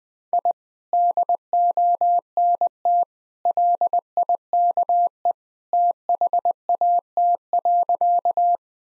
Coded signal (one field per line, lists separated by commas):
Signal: Morse code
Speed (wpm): 21 wpm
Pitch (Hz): 700 Hz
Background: none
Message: I DONT LIKE THAT.